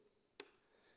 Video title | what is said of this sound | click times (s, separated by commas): Monitors in Stetson | you hear a click now once it's rotated and clicked it's very difficult to remove | 0.4 s